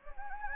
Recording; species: mosquito wingbeat signal from an infrared sensor; Anopheles gambiae